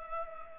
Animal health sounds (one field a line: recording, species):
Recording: mosquito wingbeat signal from an infrared sensor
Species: Culex pipiens